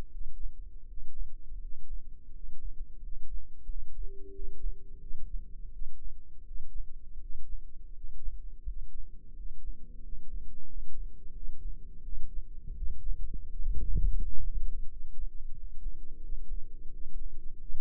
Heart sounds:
heart sounds by microphone in the left ear; 86 bpm
0.09 s: heartbeat
0.85 s: heartbeat
1.59 s: heartbeat
2.31 s: heartbeat
3.00 s: heartbeat
3.66 s: heartbeat
4.32 s: heartbeat
4.99 s: heartbeat
5.70 s: heartbeat
6.43 s: heartbeat
7.18 s: heartbeat
7.92 s: heartbeat
8.64 s: heartbeat
9.33 s: heartbeat
10.00 s: heartbeat
10.66 s: heartbeat
11.33 s: heartbeat
12.01 s: heartbeat
12.75 s: heartbeat
13.48 s: heartbeat
14.21 s: heartbeat
14.87 s: heartbeat
15.52 s: heartbeat
16.21 s: heartbeat
16.90 s: heartbeat
17.58 s: heartbeat
From the record:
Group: healthy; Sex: male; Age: 33 years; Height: 179 cm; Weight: 80.4 kg

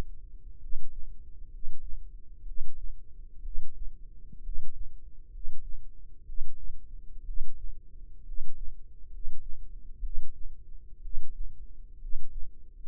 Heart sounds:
heart sounds by microphone in the left ear; 64 bpm
0.56 s: heartbeat
1.47 s: heartbeat
2.42 s: heartbeat
3.39 s: heartbeat
4.39 s: heartbeat
5.28 s: heartbeat
6.22 s: heartbeat
7.22 s: heartbeat
8.22 s: heartbeat
9.07 s: heartbeat
9.99 s: heartbeat
10.99 s: heartbeat
11.96 s: heartbeat
12.82 s: heartbeat
From the record:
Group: healthy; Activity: cold pressor test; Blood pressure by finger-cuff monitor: 101/50 mmHg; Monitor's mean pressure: 61 mmHg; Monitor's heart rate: 62 bpm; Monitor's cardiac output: 7.4 L/min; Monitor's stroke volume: 117 mL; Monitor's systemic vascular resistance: 590 dyn s/cm5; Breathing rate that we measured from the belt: 16 breaths a minute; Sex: male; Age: 22 years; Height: 185 cm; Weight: 112.4 kg

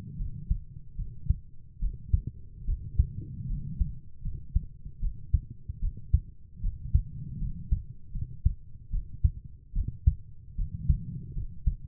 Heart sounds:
heart sounds by stethoscope; 75 bpm
0.18 s: heartbeat
0.97 s: heartbeat
1.80 s: heartbeat
2.66 s: heartbeat
3.48 s: heartbeat
4.23 s: heartbeat
5.01 s: heartbeat
5.81 s: heartbeat
6.62 s: heartbeat
7.40 s: heartbeat
8.13 s: heartbeat
8.91 s: heartbeat
9.74 s: heartbeat
10.57 s: heartbeat
11.35 s: heartbeat
From the record:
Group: healthy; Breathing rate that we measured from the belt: 16 breaths a minute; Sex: female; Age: 22 years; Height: 160 cm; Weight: 63 kg

